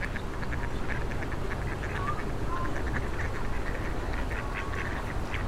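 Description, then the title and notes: Quacking ducks giving clipped, nasal calls in quick irregular runs, with a few thin tonal notes and steady road noise. Ducks fed by passers-by on the Old Town Promenade, Stare Miasto, Wrocław, at 16:00, with passing cars and buses; Sony PCM-D50 recorder, Rode NT4 microphone, FEL BMA preamplifier. "Kaczki i gołębie na Promenadzie Staromiejskiej cz.2 Lokalizacja: Stare Miasto Czas: 16.00 Opis: Kaczki i gołębie karmione przez przechodniów. Odgłosy przejeżdżających samochodów i autobusów."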